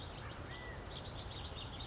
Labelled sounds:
California Quail (Callipepla californica)
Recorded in Sonoma County, California

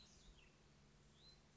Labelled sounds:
Hutton's Vireo (Vireo huttoni)
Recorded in Sonoma County, California

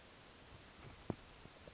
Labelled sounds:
Chestnut-backed Chickadee (Poecile rufescens)
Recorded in Sonoma County, California

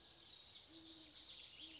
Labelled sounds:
Great Horned Owl (Bubo virginianus)
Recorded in Sonoma County, California

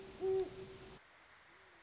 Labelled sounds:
Great Horned Owl (Bubo virginianus)
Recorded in Sonoma County, California

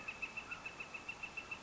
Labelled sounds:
Northern Flicker (Colaptes auratus)
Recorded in Sonoma County, California

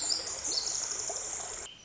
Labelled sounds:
Pacific Wren (Troglodytes pacificus)
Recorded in Sonoma County, California

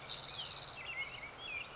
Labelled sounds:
Spotted Towhee (Pipilo maculatus)
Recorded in Sonoma County, California

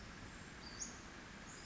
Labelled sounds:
Western Flycatcher (Empidonax difficilis)
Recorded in Sonoma County, California

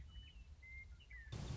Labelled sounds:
Western Meadowlark (Sturnella neglecta)
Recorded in Sonoma County, California

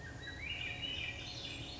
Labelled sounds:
Swainson's Thrush (Catharus ustulatus)
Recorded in Sonoma County, California

